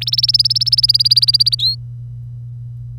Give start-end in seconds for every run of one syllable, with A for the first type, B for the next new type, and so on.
0.01-1.55 A, 1.59-1.75 B